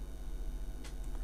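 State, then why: Not seated. A plastic boot section is slid into the left boot assembly of a scale model Mark III Iron Man armour, with faint handling rustles and soft ticks over a low steady hum. Nothing has seated or clicked into place yet.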